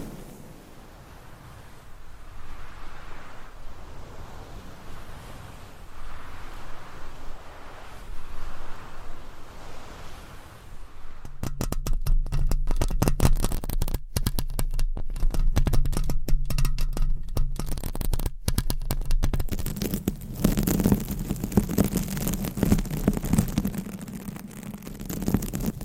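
Scratching and rubbing on a microphone cover, soft and uneven at first, then from about eleven seconds a louder, denser rasping with a low hum.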